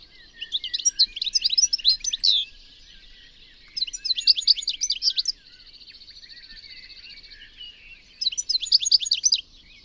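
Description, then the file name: European goldfinch giving bright, chattering twitters in three bursts, with a steady buzzing trill filling the gap between the second and third. "Carduelis carduelis"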